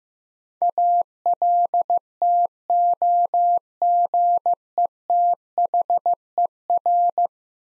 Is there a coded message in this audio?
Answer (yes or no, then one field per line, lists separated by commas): yes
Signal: Morse code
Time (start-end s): 0.6-7.3 s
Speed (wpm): 15 wpm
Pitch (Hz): 700 Hz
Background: none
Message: ALTOGETHER